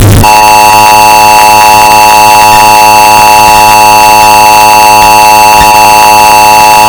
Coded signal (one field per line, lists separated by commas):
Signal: Emergency Alert System (SAME) tones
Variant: 853 and 960 Hz attention tone